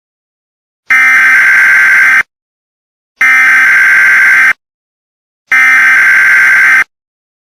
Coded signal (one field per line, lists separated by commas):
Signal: Emergency Alert System (SAME) tones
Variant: header bursts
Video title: EAS Scenario: Look Up